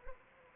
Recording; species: mosquito wingbeat signal from an infrared sensor; Anopheles arabiensis